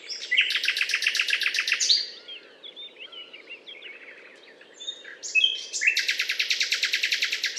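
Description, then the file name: Common nightingale song: two long bursts of fast, pulsing repeated notes with softer whistled slurs between them. Recorded on a limestone hill, Butte calcaire de Gratacap, France, on 19 May 2012. "rossignol philomele Butte calcaire de Gratacap"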